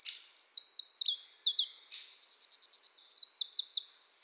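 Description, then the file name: Eurasian wren in full song: piercing, rapid looping notes running into a fast, evenly pulsed rattle, all high-pitched and very loud. "Troglodytes troglodytes"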